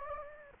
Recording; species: mosquito wingbeat signal from an infrared sensor; Anopheles gambiae